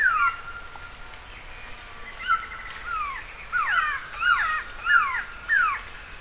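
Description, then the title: Glossy antshrike with a few scattered notes at first, then a building series of loud, downward-sliding whistles, over a steady faint background tone. "LuckyPassaro Completos2Sama. Glossy Antshrike (Sakesphorus luctuosus)"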